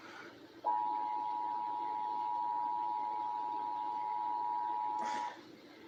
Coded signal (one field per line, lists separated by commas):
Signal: Emergency Alert System (SAME) tones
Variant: 853 and 960 Hz attention tone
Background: speech